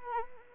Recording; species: mosquito wingbeat signal from an infrared sensor; Anopheles arabiensis